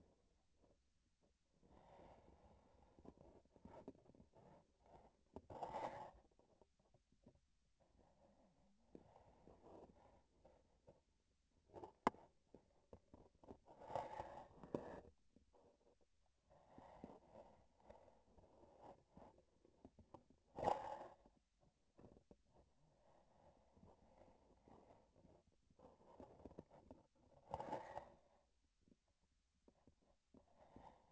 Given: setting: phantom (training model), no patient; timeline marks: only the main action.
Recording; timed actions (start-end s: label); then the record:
laparoscopic instrument, vibration sensor on the handle end
1.50-5.24 s: palpation
7.79-11.06 s: palpation
16.43-19.48 s: palpation
25.72-27.11 s: palpation
From the record:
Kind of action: gesture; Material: synthetic tissue